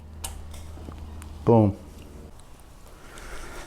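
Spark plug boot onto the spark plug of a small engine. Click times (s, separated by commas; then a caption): 0.2 s. A rubber spark plug boot is pushed back onto the plug terminal of a small reel mower engine after being inspected, and it seats with a sharp click at 0.2 seconds. A few faint ticks follow, then someone talks briefly around 1.5 seconds.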